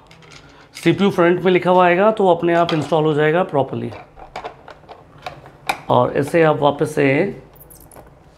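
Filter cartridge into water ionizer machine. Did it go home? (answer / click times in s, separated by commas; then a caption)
no / none. A filter cartridge is handled as it goes back into an Enagic Kangen water ionizer machine during a cleaning process, and nothing has seated or clicked yet. Someone talks over the handling, then short sharp knocks and rattles sound around 4.4 to 5.7 seconds before the talking resumes.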